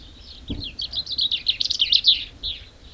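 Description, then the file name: Common chaffinch song: a quick run of bright notes ending with a short flourish, over faint low background noise. "Fringilla coelebs"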